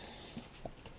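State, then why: Seated. In a Ford Transit camper van conversion, a built-in couch section is worked and locks into its frame with two soft clicks at 0.7 s and 0.9 s, over a quiet background hiss. The couch mechanism is locked into place.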